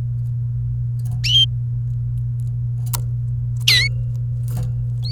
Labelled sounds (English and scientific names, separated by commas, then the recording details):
Domestic Canary (Serinus canaria) song
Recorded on 28 April 2018 at 11:33
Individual llb3